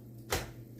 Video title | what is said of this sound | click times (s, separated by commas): PC Build With the Boy/s! | clicks into place okay easy day right yep | 0.3 s